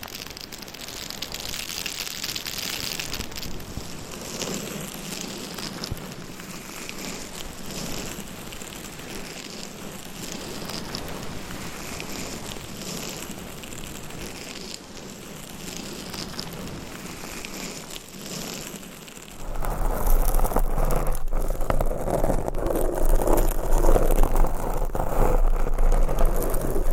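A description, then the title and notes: Long nails scratch across a binaural mic in a dense, continuous rasping texture with a bright hiss on top. Around twenty seconds the sound shifts abruptly, becoming louder and rougher, with a heavier low rumble and choppy scraping strokes through the end. ASMR Binaural Mic Scratching - Brain Scratching No Talking for Sleep with Long Nails.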